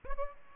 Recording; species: mosquito wingbeat signal from an infrared sensor; Aedes aegypti